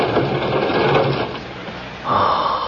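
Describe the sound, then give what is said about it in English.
A heavy morgue drawer holding a John Doe is pulled open with a long, steady grinding scrape that shifts near the end into a higher, smoother rolling rumble. No one speaks. “Charlie, pull that John Doe drawer open, will you?”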